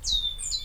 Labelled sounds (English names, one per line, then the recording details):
Stitchbird song
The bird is a male
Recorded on Tiritiri Matangi Island, New Zealand, in 2005
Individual 19, of nest box 27